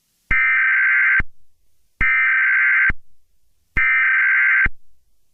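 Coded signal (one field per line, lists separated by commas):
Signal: Emergency Alert System (SAME) tones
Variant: header bursts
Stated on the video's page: Fictional EAS scenario made with text-to-speech voices, recorded and edited on a computer.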